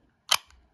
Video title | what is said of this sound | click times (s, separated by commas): Auxiliary Manufacturing Pocket Bowie Review | but you can hear it, but it definitely is a positive click. | 0.3 s